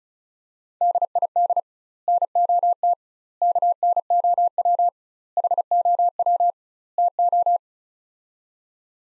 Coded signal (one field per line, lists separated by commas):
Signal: Morse code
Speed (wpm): 36 wpm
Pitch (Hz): 700 Hz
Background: none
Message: DID NOT KNOW HOW TO